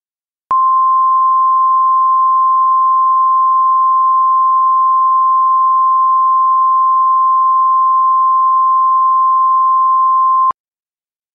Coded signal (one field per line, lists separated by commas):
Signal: Emergency Alert System (SAME) tones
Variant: 1050 Hz attention tone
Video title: EAS Recreation #2: PA Shelter In Place Warning (9/19/14-9/20/14)